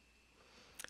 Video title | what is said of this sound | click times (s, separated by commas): GATO Class Sub 1941by AFV Club, Part 1, Kit Construction | it does fit it fits very well it it practically snaps right into place there | 0.8 s